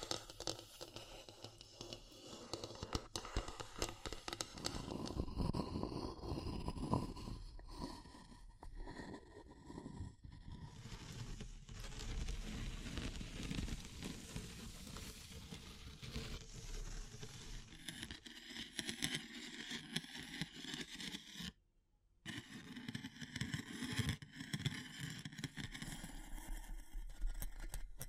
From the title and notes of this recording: ASMR Relaxing Natural Triggers Wood, Bamboo and Straw (No Talking).